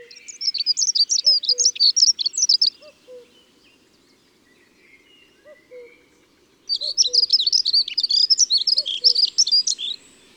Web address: Avril LAccenteur mouchet. les 4 saisons des chants doiseaux